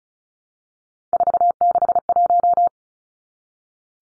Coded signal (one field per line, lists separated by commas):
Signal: Morse code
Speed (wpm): 34 wpm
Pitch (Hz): 700 Hz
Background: none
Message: 461